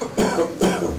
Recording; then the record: coughing mixed with background sound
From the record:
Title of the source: Residual Phlegmy Morning Coughing and Gagging